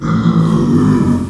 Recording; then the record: squeal of a Yucatan mini pig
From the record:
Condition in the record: after surgery on the right vocal fold (resection and tissue-engineered implant); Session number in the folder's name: 12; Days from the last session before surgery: 105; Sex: female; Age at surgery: 19 weeks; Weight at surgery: 25 kg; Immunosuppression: prednisolone